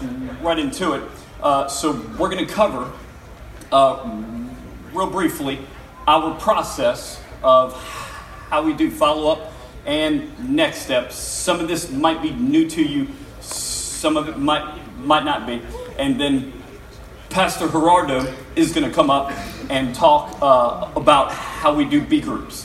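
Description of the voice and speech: Adult man, a full-time connections pastor speaking publicly with a stutter, giving a talk: drawn-out sounds, silent pauses and a repeated word. He speaks fluently for a few sentences, then gets stuck on a word and has to stop, compose himself and redo it.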